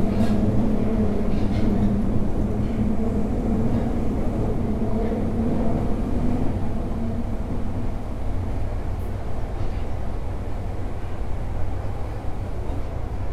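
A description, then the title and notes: A metro train runs steadily, its deep rumble filling the low end at a constant loudness. A humming drone sits underneath, strongest in the first six seconds and fading after. Faint clicks and rattles of wheels on track come through now and then. 大阪市地下鉄 10系チョッパ車 中津から天王寺まで. It is running sound of the Osaka Metro 10 series train (chopper car). I recorded on the Midosuji line.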